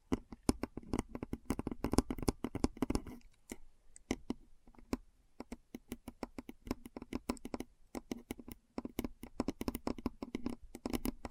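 Keyboard keys are tapped in quick, uneven bursts, each press a sharp click with a low thud beneath it. Typing runs fairly dense for the first three seconds, thins out briefly around three to four seconds, then resumes in steady clusters to the end.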